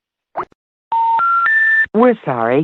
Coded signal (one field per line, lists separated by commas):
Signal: telephone call progress tone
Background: speech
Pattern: special information tone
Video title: Payphone Radio